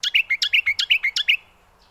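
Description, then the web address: Brown honeyeater giving a quick, evenly spaced series of sharp, bright chirps over about one and a half seconds, then silence. "Sound Effects-Foundation 1 BIRD BROWN HONEY EATER CALL"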